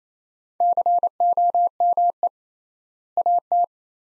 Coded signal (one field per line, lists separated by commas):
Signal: Morse code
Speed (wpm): 28 wpm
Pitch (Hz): 700 Hz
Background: none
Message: COME AT